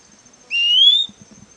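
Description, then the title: Fuscous flycatcher whistle: one pure, slightly rising note lasting about half a second, followed by a few soft low taps. "LuckyPassaro Completos2Sama. Fuscous Flycatcher (Cnemotriccus fuscatus)"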